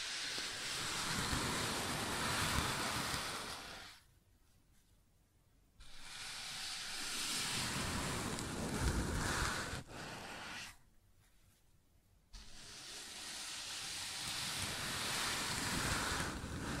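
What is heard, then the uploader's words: Sounds on a wooden surface: a dense, rushing scrape that holds steady over long stretches and fills both low and bright ranges. It drops to near silence twice, from about 4 to 6 seconds and from 11 to 12 seconds, then resumes. ASMR Sounds on Wooden Surface (No Talking).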